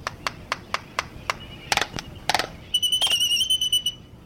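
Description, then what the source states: Albatross bill tapping: a regular series of sharp dry clicks, then two quick clusters of clicks, followed by a drawn-out harmonic whining call. Reunited pair performing a synchronized ritual of braying, wing spreading and bill tapping to reaffirm their bond before breeding; albatrosses tend to pair for life.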